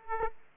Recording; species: mosquito wingbeat signal from an infrared sensor; Aedes aegypti